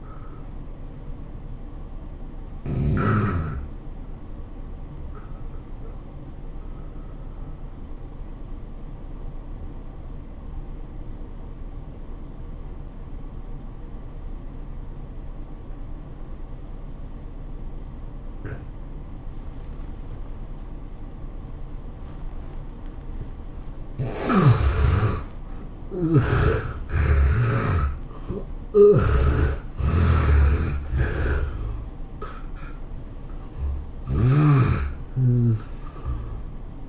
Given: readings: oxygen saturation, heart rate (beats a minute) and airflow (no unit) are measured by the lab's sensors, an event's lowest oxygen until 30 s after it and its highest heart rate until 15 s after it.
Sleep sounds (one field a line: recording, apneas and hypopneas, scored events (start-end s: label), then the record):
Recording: breathing in sleep by a smartphone at the bedside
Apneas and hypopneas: 1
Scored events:
2.00-32.00 s: new sleep stage, N2 (light sleep)
8.00-23.60 s: obstructive apnea (N2, oxygen 96% highest, then 72% lowest, heart rate 97 at the start, 106 highest)
32.00-36.89 s: new sleep stage, N1 (lightest sleep)
From the record:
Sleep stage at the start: N1 (lightest sleep)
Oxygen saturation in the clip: 67 to 96%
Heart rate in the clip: 78 to 106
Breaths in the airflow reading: 5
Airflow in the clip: -15.4 to 15.8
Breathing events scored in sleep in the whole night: 403 in 5.5 hours asleep